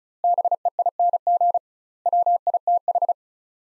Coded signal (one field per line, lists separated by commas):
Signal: Morse code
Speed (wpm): 36 wpm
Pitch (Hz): 700 Hz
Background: none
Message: BEING WITH